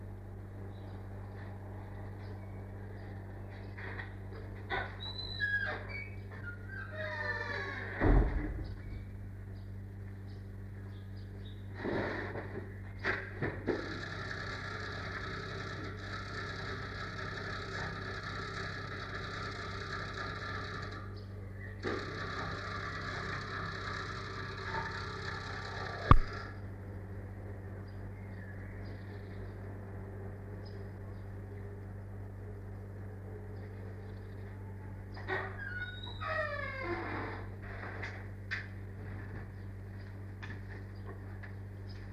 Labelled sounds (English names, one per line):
Arctic Fox